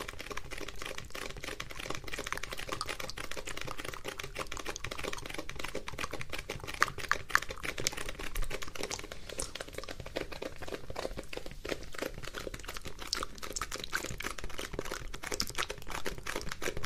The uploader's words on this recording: ASMR Kisses, Earbud Nibbling, and Mouth Sounds and Sticky Tapping.